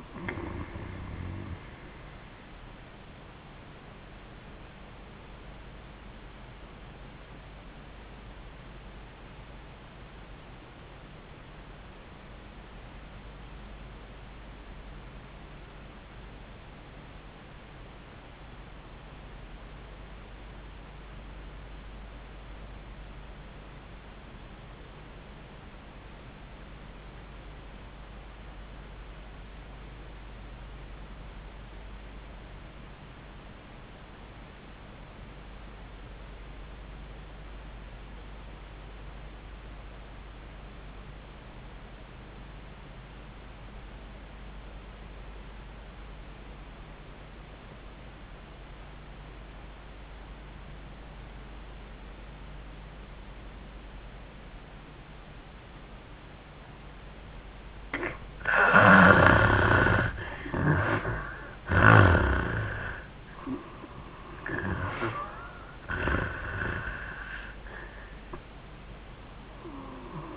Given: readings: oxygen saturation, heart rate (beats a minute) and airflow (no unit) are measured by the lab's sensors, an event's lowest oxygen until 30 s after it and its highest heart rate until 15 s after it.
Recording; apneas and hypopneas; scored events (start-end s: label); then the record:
breathing in sleep by a voice recorder at the bedside; 1
6.00-57.60 s: obstructive apnea (REM, oxygen 92% highest, then 63% lowest, heart rate 65 at the start, 85 highest)
51.00-70.37 s: new sleep stage, N1 (lightest sleep)
From the record:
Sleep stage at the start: REM sleep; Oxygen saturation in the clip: 65 to 92%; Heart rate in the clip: 55 to 85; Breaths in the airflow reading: 3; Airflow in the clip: -34.0 to 13.2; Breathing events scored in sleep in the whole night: 400 in 8.7 hours asleep